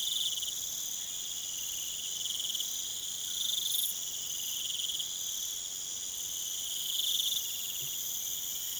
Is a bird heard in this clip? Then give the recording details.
no. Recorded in pastures near Puerto Asís, Putumayo, Colombia, on 30 June 2025 at 22:00. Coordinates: 0.486, -76.323. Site H29